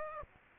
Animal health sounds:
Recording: mosquito wingbeat signal from an infrared sensor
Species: Aedes aegypti

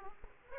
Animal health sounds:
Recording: mosquito wingbeat signal from an infrared sensor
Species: Aedes aegypti

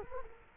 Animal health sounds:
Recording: mosquito wingbeat signal from an infrared sensor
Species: Culex quinquefasciatus

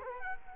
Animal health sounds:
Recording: mosquito wingbeat signal from an infrared sensor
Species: Culex quinquefasciatus

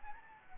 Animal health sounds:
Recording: mosquito wingbeat signal from an infrared sensor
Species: Anopheles gambiae

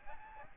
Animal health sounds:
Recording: mosquito wingbeat signal from an infrared sensor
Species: Aedes albopictus

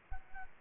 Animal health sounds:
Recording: mosquito wingbeat signal from an infrared sensor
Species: Aedes aegypti

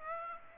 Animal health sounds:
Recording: mosquito wingbeat signal from an infrared sensor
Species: Aedes aegypti

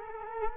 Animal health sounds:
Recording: mosquito wingbeat signal from an infrared sensor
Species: Culex quinquefasciatus

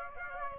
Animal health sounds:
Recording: mosquito wingbeat signal from an infrared sensor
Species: Aedes aegypti

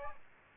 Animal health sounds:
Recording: mosquito wingbeat signal from an infrared sensor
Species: Aedes aegypti

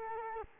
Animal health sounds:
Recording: mosquito wingbeat signal from an infrared sensor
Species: Culex quinquefasciatus

